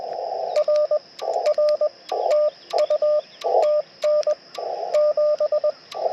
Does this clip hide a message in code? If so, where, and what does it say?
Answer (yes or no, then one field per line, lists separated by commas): yes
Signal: Morse code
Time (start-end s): 0.6-5.7 s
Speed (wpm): 19 wpm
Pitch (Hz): 600 Hz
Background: radio noise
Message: R R TU TN 7